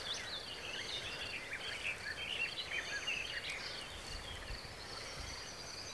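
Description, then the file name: Common nightingale song, a busy run of varied chirps, trills and whistles, mostly high-pitched, over a steady hiss of background noise. "Luscinia megarhynchos"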